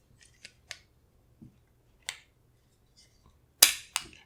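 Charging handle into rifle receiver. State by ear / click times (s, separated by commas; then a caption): seated / 3.6 s. A charging handle is put back into the upper receiver of an M+M M10X rifle and pushed forward until it locks. Light metal-on-metal clicks build up to one sharp, loud snap at 3.6 s, followed by a softer click just after. The charging handle is locked into place.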